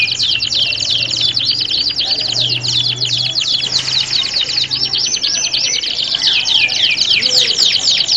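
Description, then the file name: Canary song: a dense, continuous stream of high trills, rapid chips and swooping whistled notes, with a faint low hum underneath. Simulated singing contest of standard-type canaries. "audio simulasi lomba kenari standar. omkicau"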